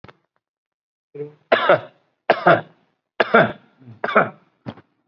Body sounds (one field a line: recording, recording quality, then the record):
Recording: shallow voluntary cough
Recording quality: excellent, no background noise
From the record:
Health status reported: COVID-19 positive, mild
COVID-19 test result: positive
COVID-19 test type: RT-PCR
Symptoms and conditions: breathing difficulty, fatigue, muscle pain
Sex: male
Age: 48 years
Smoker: no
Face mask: not worn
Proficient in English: no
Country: India